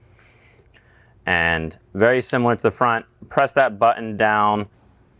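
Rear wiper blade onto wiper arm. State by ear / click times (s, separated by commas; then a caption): not seated / none. A new rear wiper blade is handled at the rear wiper arm of a 2022-present Volkswagen Mk8 Golf R (GTI) while someone talks about pressing the release button down. Only speech is heard, with a faint sound near 0.8 s. The clip ends before the blade goes onto the arm, so nothing has seated or clicked yet.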